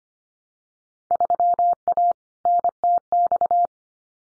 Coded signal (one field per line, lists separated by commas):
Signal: Morse code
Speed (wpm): 25 wpm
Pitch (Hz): 700 Hz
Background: none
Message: 3A NTX